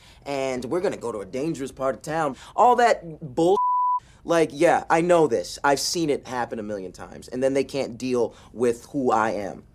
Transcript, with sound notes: and we're going to go to a dangerous part of town, all that bull (beep). Like yeah, I know this. I've seen it happen a million times. And then they can't deal with who I am.